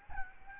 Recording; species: mosquito wingbeat signal from an infrared sensor; Aedes albopictus